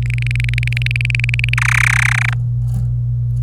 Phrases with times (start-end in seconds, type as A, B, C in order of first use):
0.03-1.54 A, 1.57-2.33 B